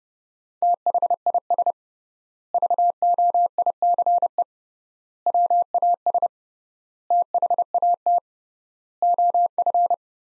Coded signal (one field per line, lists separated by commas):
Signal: Morse code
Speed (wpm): 32 wpm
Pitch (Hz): 700 Hz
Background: none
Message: THIS VOICE WAS THAT OF